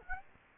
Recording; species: mosquito wingbeat signal from an infrared sensor; Aedes aegypti